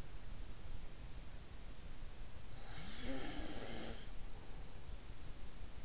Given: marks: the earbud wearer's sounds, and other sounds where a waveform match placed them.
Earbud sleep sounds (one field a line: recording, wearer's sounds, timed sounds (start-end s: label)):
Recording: sounds in sleep by an in-ear microphone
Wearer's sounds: snoring breath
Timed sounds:
2.61-4.30 s: snoring breath